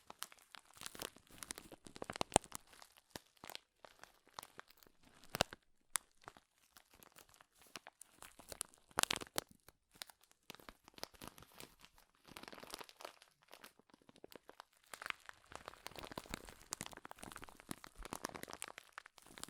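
Dense crinkling runs through the whole clip, a fast irregular stream of crackles and crunches with sharp, bright snaps. The sound surges in bursts, with brief quieter gaps near five and ten seconds, and grows busier again toward the end.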